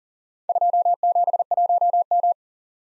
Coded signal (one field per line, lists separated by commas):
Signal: Morse code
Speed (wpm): 40 wpm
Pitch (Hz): 700 Hz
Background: none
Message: 271M